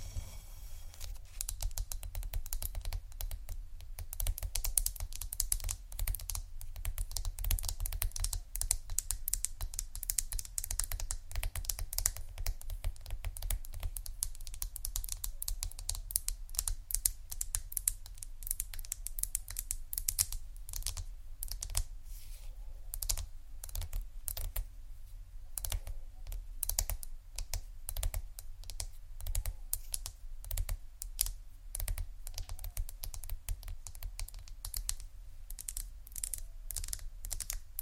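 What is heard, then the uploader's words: Quick, dense tapping on marble and wood fills the whole stretch, a steady patter of crisp, bright clicks that sounds almost like rapid typing. The taps grow sharper and more spaced in the second half, over a faint low hum. Marble, wood, tapping, scratching, crinkles, etc （No Talking）.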